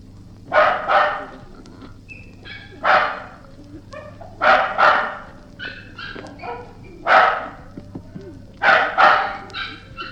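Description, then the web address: Dog barking in single and paired barks every couple of seconds, with a low hum in the background. Dogs of unknown breed barking. "Sound Effects-BBC Dogs"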